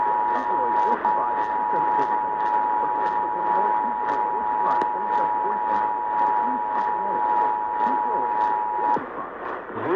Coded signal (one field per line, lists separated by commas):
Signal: Emergency Alert System (SAME) tones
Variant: 853 and 960 Hz attention tone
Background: speech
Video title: Sacramento Valley & San Joaquin Valley RMTs (EAS #178-179)